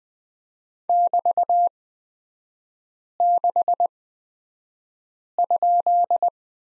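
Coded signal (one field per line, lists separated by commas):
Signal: Morse code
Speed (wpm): 20 wpm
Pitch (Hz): 700 Hz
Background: none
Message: <BT>6?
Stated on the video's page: Morse course lesson drilling letter X in three-character groups, Farnsworth spacing at 20/10 wpm.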